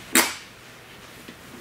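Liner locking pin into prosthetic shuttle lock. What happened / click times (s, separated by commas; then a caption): The metal pin latched into its lock / 0.2 s. A brass Coyote Prosthetics and Orthotics pin fitted to a prosthetic liner is pushed into the prosthetic shuttle lock to test it. A single sharp click is heard at 0.2 s, followed by quiet. The pin seats in the lock.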